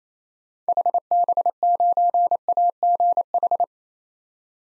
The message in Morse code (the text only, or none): HB9AGH